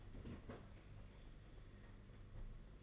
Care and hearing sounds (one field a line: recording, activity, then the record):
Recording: daily activity, microphone in the room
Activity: open fridge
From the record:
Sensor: 4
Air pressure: 992.7 hPa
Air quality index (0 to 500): 168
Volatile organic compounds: 239 ppm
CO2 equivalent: 4330 ppm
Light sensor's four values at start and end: 19/66/24/25 and 19/66/24/25